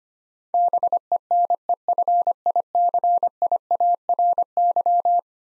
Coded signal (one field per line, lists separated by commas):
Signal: Morse code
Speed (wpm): 25 wpm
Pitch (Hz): 700 Hz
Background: none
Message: BENEFICIARY